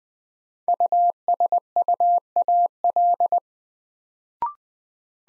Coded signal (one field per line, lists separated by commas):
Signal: Morse code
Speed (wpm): 21 wpm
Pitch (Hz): 700 Hz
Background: none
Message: USUAL